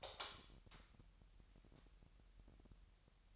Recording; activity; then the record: daily activity, microphone in the room; light on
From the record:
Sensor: 3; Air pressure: 1001.9 hPa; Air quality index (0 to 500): 244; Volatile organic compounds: 46 ppm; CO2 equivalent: 3247 ppm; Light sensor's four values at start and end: 6/13/5/5 and 12/34/15/13